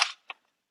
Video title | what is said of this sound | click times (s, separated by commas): Showcase & Setup - XForceTacUSA.com M4A1 Gen 8 Gel Rifle Blaster | so you gotta push that in locks in place | 0.0 s